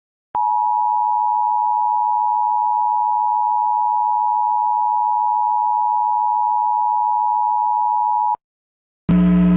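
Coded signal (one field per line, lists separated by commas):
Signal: Emergency Alert System (SAME) tones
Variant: 853 and 960 Hz attention tone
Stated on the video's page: Teaser for a mock EAS scenario, simulated alert tones.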